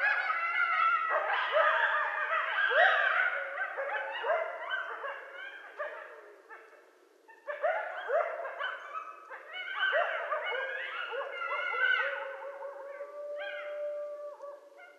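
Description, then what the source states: Coyotes yipping and yodeling together, bursts of sharp barks and warbling howls with a short lull midway before the chorus resumes. Several coyotes recorded 13 November 2012.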